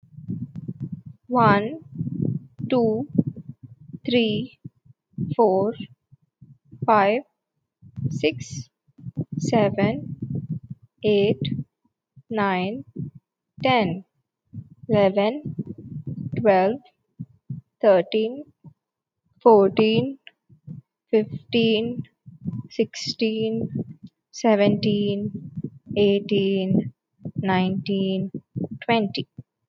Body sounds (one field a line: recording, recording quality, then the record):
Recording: counting at a normal pace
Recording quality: excellent, no background noise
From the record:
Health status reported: healthy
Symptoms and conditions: none ticked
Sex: female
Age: 28 years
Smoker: not ticked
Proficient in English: yes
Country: India